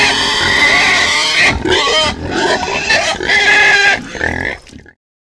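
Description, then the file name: Pig squealing loudly in long, shrill, strained bursts with brief breaks between them. "cochon"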